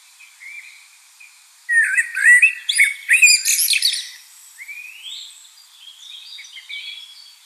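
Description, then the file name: Common blackbird song: low fluted notes rising into a loud jumble of high squeaks and twitters, then softer trailing warbles. "Turdus merula"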